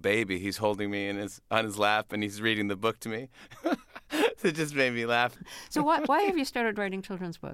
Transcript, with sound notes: He's holding me and it's - on his lap, and he's reading the book to me (laughter). So it just made me laugh.
So why have you started writing children's books?